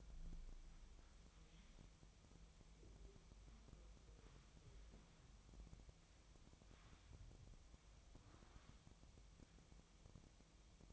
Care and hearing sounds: daily activity, microphone in the room; wipe stove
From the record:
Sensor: 1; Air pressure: 1004.8 hPa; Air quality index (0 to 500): 83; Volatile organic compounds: 2 ppm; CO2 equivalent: 1118 ppm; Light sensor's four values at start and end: 9/23/9/9 and 9/23/9/10

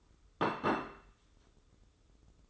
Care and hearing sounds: daily activity, microphone in the room; place plate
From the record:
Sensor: 3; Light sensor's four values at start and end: 15/45/19/15 and 15/45/19/15

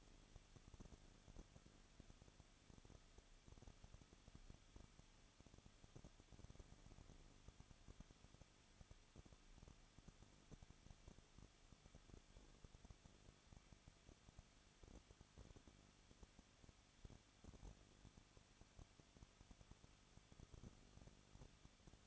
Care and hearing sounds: daily activity, microphone in the room; no activity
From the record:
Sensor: 4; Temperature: 23.0 degrees Celsius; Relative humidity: 34.0%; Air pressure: 1007.3 hPa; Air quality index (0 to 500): 215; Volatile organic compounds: 15 ppm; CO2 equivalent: 2480 ppm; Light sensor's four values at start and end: 2/3/1/1 and 2/3/1/1

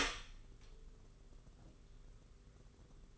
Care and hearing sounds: daily activity, microphone in the room; open door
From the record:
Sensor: 4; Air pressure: 991.2 hPa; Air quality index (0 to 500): 133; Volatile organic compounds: 46 ppm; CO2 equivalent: 3239 ppm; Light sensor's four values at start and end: 9/22/8/9 and 14/34/13/15

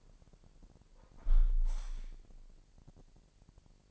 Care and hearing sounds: daily activity, microphone in the room; close window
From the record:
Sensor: 5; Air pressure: 1000.0 hPa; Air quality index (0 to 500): 247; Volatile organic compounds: 34 ppm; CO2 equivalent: 3042 ppm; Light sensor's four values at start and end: 35/80/32/30 and 34/80/32/30

